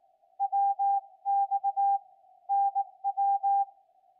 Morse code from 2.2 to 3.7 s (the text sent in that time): NW